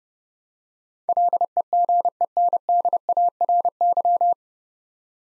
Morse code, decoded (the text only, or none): LEGENDARY